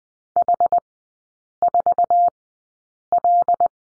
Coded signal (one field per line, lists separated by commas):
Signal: Morse code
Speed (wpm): 20 wpm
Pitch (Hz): 700 Hz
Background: none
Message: H4L